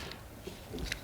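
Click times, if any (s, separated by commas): 0.9 s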